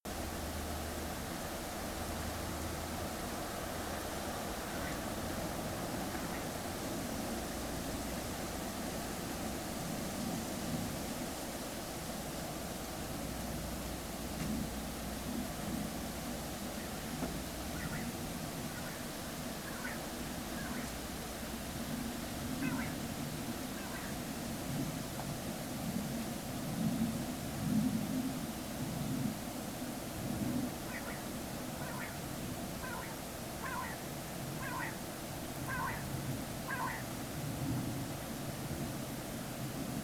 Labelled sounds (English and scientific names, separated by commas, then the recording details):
Common Quail (Coturnix coturnix), man-made sound
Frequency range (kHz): Common Quail (Coturnix coturnix) 0.6-3.1 kHz
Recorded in France